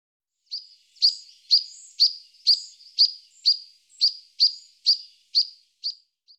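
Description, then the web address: European pied flycatcher giving a steady series of sharp, high clicking chips, about two a second. "IVN Zangvogels. Bonte vliegenvanger"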